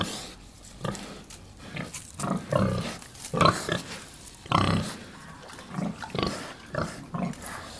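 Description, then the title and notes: Pig grunting steadily, deep rhythmic grunts close to one per second, some rougher and louder, with faint rustling in between. Black sow nursing six piglets, farm at Cascina Pasque', Besnate (Via 1° Maggio, Bernate VA), Italy, 11 December 2018. "Via 1° Maggio, 11, 21020 Bernate VA, Italia - Un maiale nero con i suoi sei maialini in atto di allattamento. Besnate - Cascina Pasque' - 20181211"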